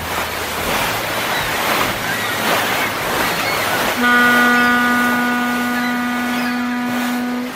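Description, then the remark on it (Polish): Atlantic Ocean waves wash and surge in a continuous broad rush around the ship Chrobry, sailing from the African coast toward Rio de Janeiro, then a long, steady low-pitched horn blast sounds over them and holds to the end. “Teraz już tylko woda. Woda. Woda.”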